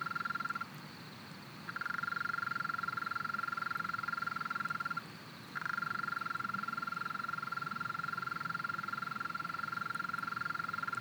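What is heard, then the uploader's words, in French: A European mole cricket in a flooded alpine pasture gives a steady, even churring trill on one mid-high pitch. It stops briefly just after the start and again near five seconds, then runs unbroken to the end over a soft low background murmur. UNE COURTILIÈRE D'ALTITUDE. Le Villard - Drôme - Nagra seven - Mkh40 - Stéréo. Une petite population de Courtilière commune (Gryllotalpa gryllotalpa) dans un alpage inondé à 1250m d'altitude.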